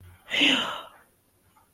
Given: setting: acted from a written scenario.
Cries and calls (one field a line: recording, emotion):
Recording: vocal sound without words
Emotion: relief